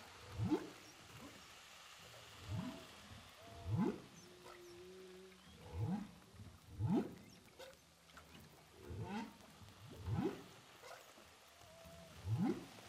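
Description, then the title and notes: Humpback whale song: a series of short low whoops sweeping upward, repeated several times, mixed with brief steady tonal hums. Humpback whales recorded with a DPA hydrophone offshore from Saint-Paul, Réunion Island. "Whales sound by hydrophophone DPA saint paul, ile de la reunion. Baleines à bosse enregistrées à l'hydrophone DPA au large de saint Paul de la réunion"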